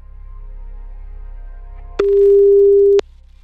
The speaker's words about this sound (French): ça sonne chez toi là? T'entends la sonnerie? Ouais. T'entends quelqu'un qui se rapproche du téléphone ou pas?